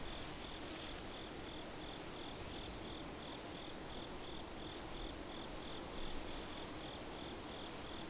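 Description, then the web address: Insects calling in a steady, regularly pulsed high note that runs unbroken throughout, over a constant broad hiss of background noise. Outdoor wheatfield at dusk. "anemoi. outdoor wheatfield dusk insects"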